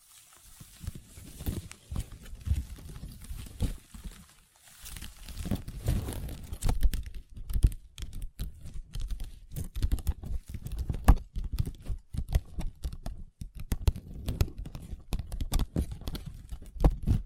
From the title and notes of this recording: ASMR Table Tapping & Scratching with Long Nails (No Talking).